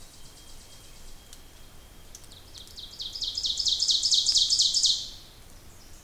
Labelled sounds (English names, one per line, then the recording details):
Ovenbird song
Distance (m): 20 m
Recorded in boreal forest in Alberta, Canada, on 26 May 2016 at 07:32
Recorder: SongMeter 3, array SBT-3-15
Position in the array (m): 38 m, 233 m
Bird 20